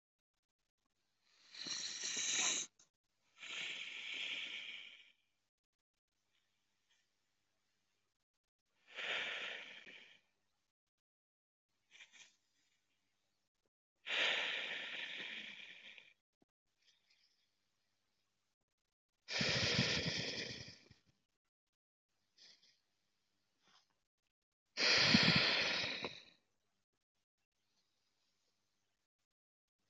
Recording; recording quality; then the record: deep breathing; excellent, no background noise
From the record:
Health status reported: healthy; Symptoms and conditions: none ticked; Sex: male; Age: 26 years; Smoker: not ticked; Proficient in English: yes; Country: India